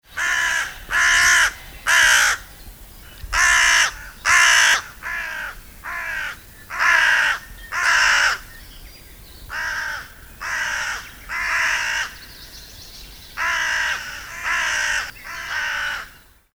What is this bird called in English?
Hooded Crow